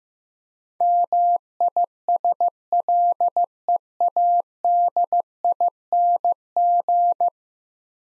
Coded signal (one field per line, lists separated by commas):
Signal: Morse code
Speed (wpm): 15 wpm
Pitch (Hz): 700 Hz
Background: none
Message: MISLEADING